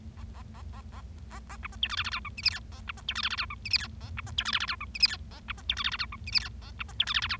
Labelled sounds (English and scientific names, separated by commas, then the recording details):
Bengalese Finch (Lonchura striata domestica) song
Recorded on 25 March 2012 at 16:37
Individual gy6or6